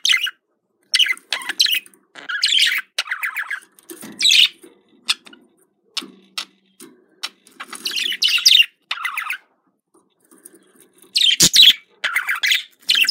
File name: love budgerigar